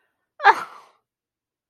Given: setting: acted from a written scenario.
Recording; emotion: vocal sound without words; contempt